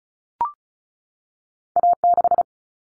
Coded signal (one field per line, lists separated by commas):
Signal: Morse code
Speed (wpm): 34 wpm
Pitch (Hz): 700 Hz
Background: none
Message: A6